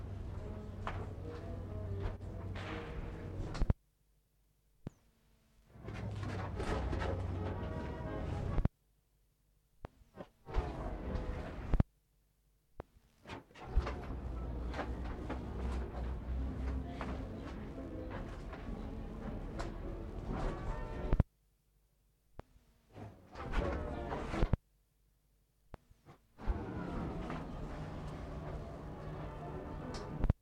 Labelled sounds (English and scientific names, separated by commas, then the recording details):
Polar Bear (Ursus maritimus)
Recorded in captivity
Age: adult
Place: Zirkus Aeros, Berlin, DE
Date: 1960-06-27 18:00
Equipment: Reporter (Vollspur)
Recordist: Tembrock, Günter